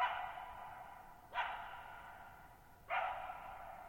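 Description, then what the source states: Coyote giving short sharp barks about a second and a half apart, each trailing off in a long echo over a quiet background. Lone coyote at night, July 14, 2019, near Thirtymile Meadows, Okanogan National Forest (Okanogan High Country), Pacific Northwest, 6400 ft; high, mostly dry plateau among tall mountains, shallow bowl-shaped meadow, boggy ground.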